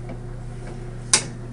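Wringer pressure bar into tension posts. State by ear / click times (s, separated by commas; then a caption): seated / 1.1 s. On a restored antique Maytag model 30WP wringer washer, the pressure bar is pushed back until the metal tension posts lock, then pulled back to secure the tension. One sharp metallic click is heard at 1.1 s over a steady low hum. The wringer tension latch locks into place and is seated, confirmed.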